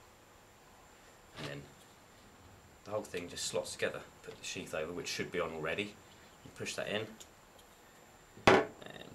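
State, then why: Seated. Someone talks while fitting the plastic outer sheath onto the assembled body of a two-pin Euro mains plug (STK15), pushing it on until it snaps into place. A sharp click is heard at 8.5 seconds, followed by a few faint small ticks, and the sheath is seated.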